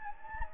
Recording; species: mosquito wingbeat signal from an infrared sensor; Anopheles gambiae